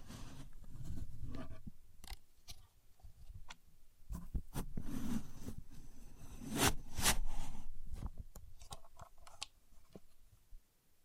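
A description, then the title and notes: A contour gauge is handled, its pins shifting with dry clicks, scrapes and rattles. Sharp ticks scatter throughout, with a bright, loud burst of clacking around six and a half to seven seconds. Low rustling and thumps run underneath, easing off toward the end. A Contour Gauge. No Talking.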